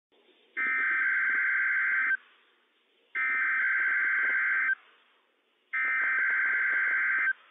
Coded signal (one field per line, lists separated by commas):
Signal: Emergency Alert System (SAME) tones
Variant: header bursts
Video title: NWS PDT Required Weekly Test - WWF56 - EAS #119 - 10:25 AM PDT 6/23/21